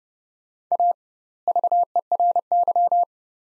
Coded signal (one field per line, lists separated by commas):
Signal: Morse code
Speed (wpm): 30 wpm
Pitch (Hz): 700 Hz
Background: none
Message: A VERY